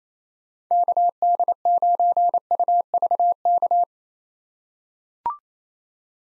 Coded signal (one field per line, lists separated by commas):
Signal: Morse code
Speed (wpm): 28 wpm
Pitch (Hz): 700 Hz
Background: none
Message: KD9UVK